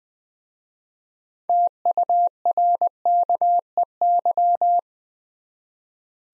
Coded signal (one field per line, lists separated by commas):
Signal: Morse code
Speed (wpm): 20 wpm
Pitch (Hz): 700 Hz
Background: none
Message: TURKEY